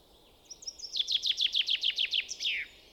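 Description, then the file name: Common chaffinch song: a few high introductory notes, then a steady series of falling notes and a slurred final flourish. "Fringilla coelebs"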